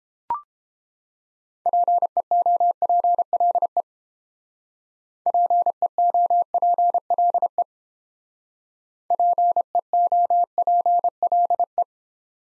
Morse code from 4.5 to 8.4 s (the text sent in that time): PEOPLE